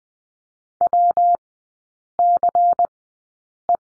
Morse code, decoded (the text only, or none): WCE